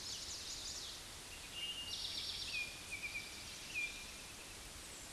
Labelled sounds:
Eastern Towhee song
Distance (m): 25 m
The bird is about 5 m above the microphone
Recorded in a Pennsylvania forest on 16 May 2024 at 06:38
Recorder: AudioMoth, point MSD-1307
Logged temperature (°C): 16.6 °C
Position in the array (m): 202 m, 141 m

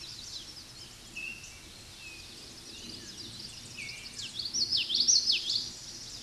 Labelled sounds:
Common Yellowthroat song
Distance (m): 5 m
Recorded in a Pennsylvania forest on 16 May 2024 at 09:50
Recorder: AudioMoth, point MSD-2061
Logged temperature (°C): 16.1 °C
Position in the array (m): 225 m, 186 m

